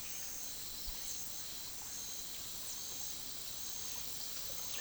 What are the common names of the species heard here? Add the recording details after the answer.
none. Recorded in pastures near Puerto Asís, Putumayo, Colombia, on 20 February 2024 at 10:00. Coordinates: 0.468, -76.328. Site G6414